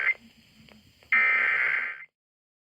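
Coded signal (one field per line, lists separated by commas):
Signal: Emergency Alert System (SAME) tones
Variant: header bursts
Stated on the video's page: Tornado Warning on an AM radio station relayed from NWS Detroit.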